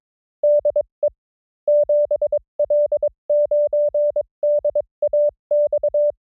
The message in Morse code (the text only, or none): DE 7L9DAX